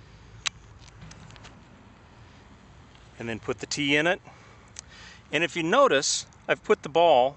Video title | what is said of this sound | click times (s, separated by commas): BirdieTurf, Master Professional Golf Mat System, Ultra-Soft, Never Slide, Transportable! | just tilt up on the back side and give it a push and it pops right into place | 0.5 s